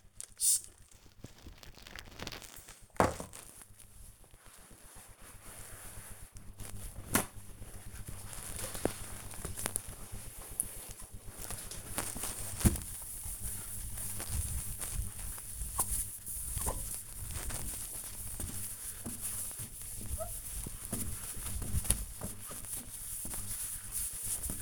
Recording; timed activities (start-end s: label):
household activities, microphone on the right wrist
0.00-24.62 s: window cleaning